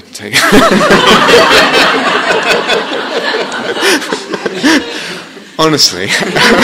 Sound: laughter

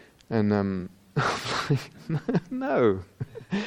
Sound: laughs

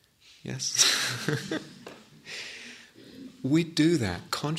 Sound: laughter

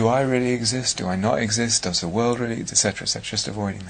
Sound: none

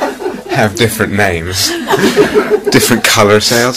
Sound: laughter

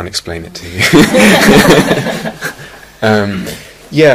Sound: laughter

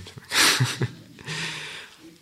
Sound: laughs

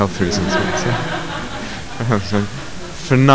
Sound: laughter

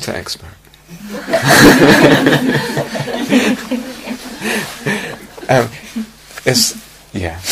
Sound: laughter

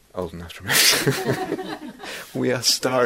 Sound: laughter

